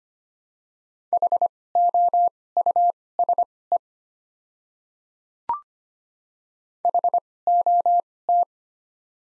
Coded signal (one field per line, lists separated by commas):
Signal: Morse code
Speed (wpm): 25 wpm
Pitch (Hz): 700 Hz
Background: none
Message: HOUSE HOT